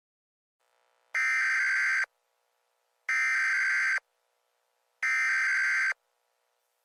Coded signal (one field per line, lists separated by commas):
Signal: Emergency Alert System (SAME) tones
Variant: header bursts